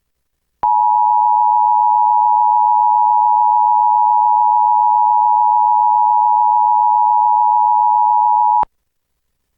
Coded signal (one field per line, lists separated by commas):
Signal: Emergency Alert System (SAME) tones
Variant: 853 and 960 Hz attention tone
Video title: EAS #1159: EAS Avalanche Warning- Mar. 12, 2026- 6:53PM PDT